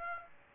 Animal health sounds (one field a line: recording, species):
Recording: mosquito wingbeat signal from an infrared sensor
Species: Aedes aegypti